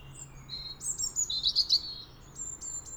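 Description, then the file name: European robin song: a thin, high, sweet phrase of quick trills and sliding notes, ending in a few spaced high ticks, with faint low hum behind. Singing on a grave. "European Robin Singing On Thomas Hardys Grave"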